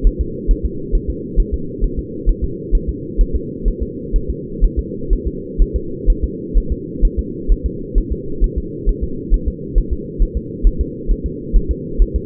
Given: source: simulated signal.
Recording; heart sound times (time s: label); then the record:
fetal heart sounds
0.07 s: S1
0.21 s: S2
0.51 s: S1
0.65 s: S2
0.95 s: S1
1.10 s: S2
1.40 s: S1
1.54 s: S2
1.84 s: S1
1.99 s: S2
2.29 s: S1
2.44 s: S2
2.75 s: S1
2.89 s: S2
3.21 s: S1
3.36 s: S2
3.68 s: S1
3.83 s: S2
4.16 s: S1
4.30 s: S2
4.64 s: S1
4.79 s: S2
5.13 s: S1
5.27 s: S2
5.62 s: S1
5.76 s: S2
6.10 s: S1
6.24 s: S2
6.57 s: S1
6.72 s: S2
7.05 s: S1
7.19 s: S2
7.52 s: S1
7.66 s: S2
7.98 s: S1
8.12 s: S2
8.44 s: S1
8.58 s: S2
8.89 s: S1
9.04 s: S2
9.34 s: S1
9.48 s: S2
9.78 s: S1
9.93 s: S2
10.22 s: S1
10.37 s: S2
10.67 s: S1
10.81 s: S2
11.11 s: S1
11.26 s: S2
11.56 s: S1
11.71 s: S2
12.02 s: S1
12.16 s: S2
From the record:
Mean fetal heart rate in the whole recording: 130 bpm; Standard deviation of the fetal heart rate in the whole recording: 4 bpm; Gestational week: 38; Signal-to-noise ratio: -4.3 dB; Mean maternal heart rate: 72 bpm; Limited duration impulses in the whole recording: absent